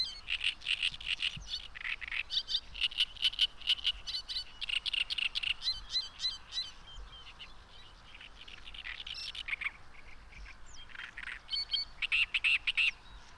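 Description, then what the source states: Frogs calling in short, bright pulses mixed with busy chirping birds, the chorus thinning midway then picking up again. Frogs calling at a lake, with birds and highway noise in the background.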